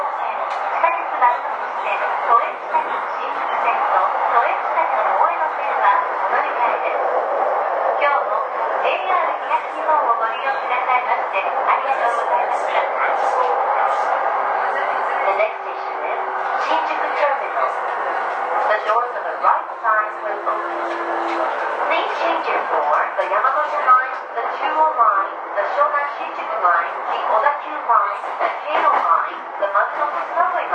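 A ride on a commuter train, heard from inside the car, where voices talking fill nearly the whole half minute. The sound is thin and midrange, with little low rumble, and a faint steady whine rises briefly around 15 and 20 seconds.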